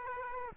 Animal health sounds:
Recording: mosquito wingbeat signal from an infrared sensor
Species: Aedes aegypti

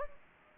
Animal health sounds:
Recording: mosquito wingbeat signal from an infrared sensor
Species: Anopheles gambiae

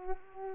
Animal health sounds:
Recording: mosquito wingbeat signal from an infrared sensor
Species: Culex pipiens

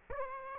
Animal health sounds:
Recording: mosquito wingbeat signal from an infrared sensor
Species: Aedes aegypti

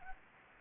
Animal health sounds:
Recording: mosquito wingbeat signal from an infrared sensor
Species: Anopheles gambiae

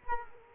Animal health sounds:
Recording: mosquito wingbeat signal from an infrared sensor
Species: Culex quinquefasciatus

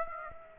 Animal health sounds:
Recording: mosquito wingbeat signal from an infrared sensor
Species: Aedes aegypti

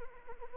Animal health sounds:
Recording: mosquito wingbeat signal from an infrared sensor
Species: Anopheles arabiensis

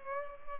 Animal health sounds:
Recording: mosquito wingbeat signal from an infrared sensor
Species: Culex pipiens

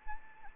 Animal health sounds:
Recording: mosquito wingbeat signal from an infrared sensor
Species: Anopheles arabiensis

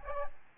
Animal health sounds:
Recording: mosquito wingbeat signal from an infrared sensor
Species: Aedes albopictus

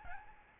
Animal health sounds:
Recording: mosquito wingbeat signal from an infrared sensor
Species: Aedes albopictus

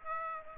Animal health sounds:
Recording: mosquito wingbeat signal from an infrared sensor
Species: Aedes aegypti

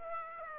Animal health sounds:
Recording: mosquito wingbeat signal from an infrared sensor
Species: Aedes aegypti

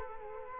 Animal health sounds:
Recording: mosquito wingbeat signal from an infrared sensor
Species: Culex quinquefasciatus

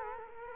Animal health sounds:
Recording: mosquito wingbeat signal from an infrared sensor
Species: Culex quinquefasciatus

